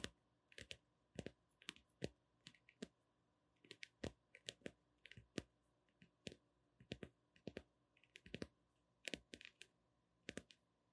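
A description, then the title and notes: Gentle tapping in short, crisp clicks that come in loose clusters, sometimes two or three close together, then brief pauses, running through the whole stretch. The taps are bright and sharp, like keys being pressed, over a faint steady low hum. ASMR 抒壓放鬆的輕柔敲擊聲 | Gentle Tapping for Sleep | NO Talking.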